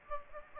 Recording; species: mosquito wingbeat signal from an infrared sensor; Aedes aegypti